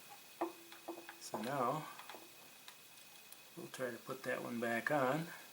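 A wire connector is handled as it is put back onto its socket on a Phantom 4 Pro drone board during an ESC replacement, with a few faint, short ticks of handling heard while someone talks. The connector has not seated or clicked yet when the clip ends.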